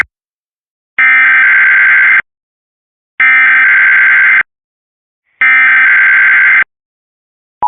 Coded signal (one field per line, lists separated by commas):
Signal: Emergency Alert System (SAME) tones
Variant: header bursts